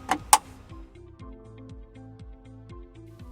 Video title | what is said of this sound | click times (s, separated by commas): ACTT Telematics 3G Module Replacement | the sam 4g module will snap into place | 0.3 s